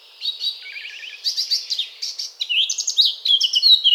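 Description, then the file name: Eurasian blackcap song, a soft jumbled twitter that grows into quick bright chirps and short slurred notes toward the end. "Sylvia atricapilla"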